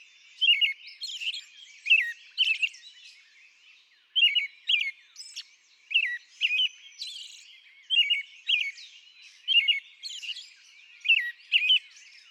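American robin song: clusters of two or three whistled slurred notes with faint high squeaks, pausing briefly before resuming.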